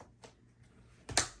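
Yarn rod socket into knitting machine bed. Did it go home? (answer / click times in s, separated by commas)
yes / 1.1 s, 1.2 s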